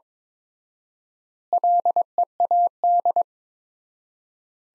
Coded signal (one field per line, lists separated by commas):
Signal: Morse code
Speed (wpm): 21 wpm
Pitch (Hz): 700 Hz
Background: none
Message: LEAD